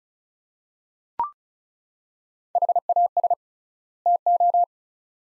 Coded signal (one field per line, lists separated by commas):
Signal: Morse code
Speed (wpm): 36 wpm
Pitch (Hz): 700 Hz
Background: none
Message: HAS TO